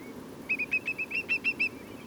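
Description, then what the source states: Whimbrel piping: a fast run of several short, clear whistled notes near one pitch, evenly spaced, over a low steady background rumble. Whimbrels giving lots of piping calls at Portland.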